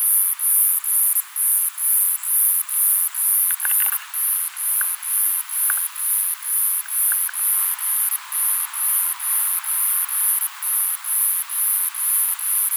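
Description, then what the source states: Myopsalta majurae cicada song, a high buzzy pulse repeated in a steady even rhythm, with a few faint soft clicks in the background. Recorded at Mt Ainslie.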